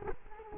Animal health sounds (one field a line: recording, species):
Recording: mosquito wingbeat signal from an infrared sensor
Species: Culex quinquefasciatus